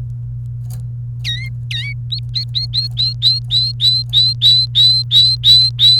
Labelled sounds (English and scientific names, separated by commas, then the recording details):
Domestic Canary (Serinus canaria) song
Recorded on 28 April 2018 at 11:18
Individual llb3